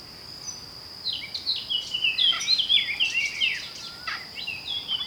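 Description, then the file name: Eurasian blackcap warbling song, a lively stream of mixed scratchy and clear notes starting after a second, with a high steady hum throughout. "Sylvia atricapilla"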